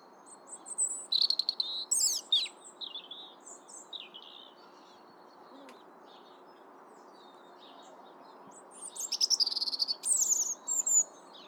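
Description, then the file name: European robin song in two bursts: warbled high phrases with sharp trills, a quiet gap of several seconds, then another rich run of rapid twittering notes. "Erithacus rubecula"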